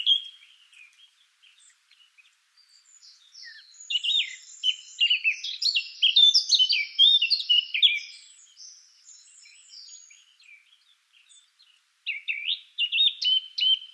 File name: Sylvia atricapilla